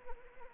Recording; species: mosquito wingbeat signal from an infrared sensor; Anopheles arabiensis